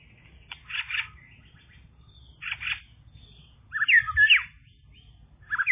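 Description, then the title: Bird chirping in short bursts of scratchy notes and quick whistled slurs, separated by pauses. "kikicau"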